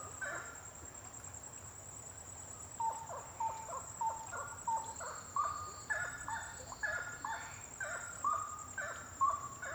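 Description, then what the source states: Bird calls, a quieter start, then clear repeated harmonic notes, with a constant high-pitched whine behind. Birds singing at night, intense song.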